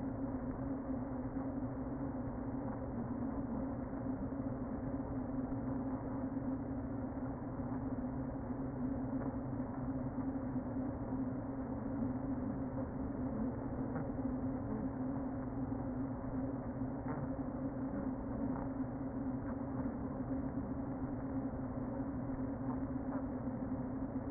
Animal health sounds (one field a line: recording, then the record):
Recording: honeybee colony, microphone inside the hive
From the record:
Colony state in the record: queen present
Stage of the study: before two queens were removed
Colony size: about 60,000 bees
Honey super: yes